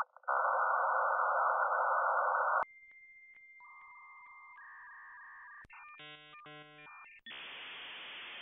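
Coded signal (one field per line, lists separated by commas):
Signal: dial-up modem handshake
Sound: hissy burst, steady high answer tone, warbling tone pairs, choppy bursts, then loud hiss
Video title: 16 Dial Up Sound Variations in 2 Minutes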